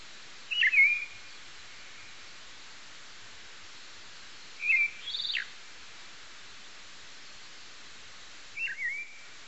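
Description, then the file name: Amami thrush singing brief fluted whistles at long intervals, one phrase ending in a sharp falling slide, with soft background hiss throughout. Recorded at Amami-Anengachi, Amami, on 25 March 2010. "otoratugumi 100325 amami-anengachi ik"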